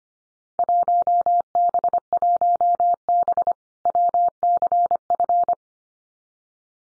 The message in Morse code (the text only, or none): 1B1B WCF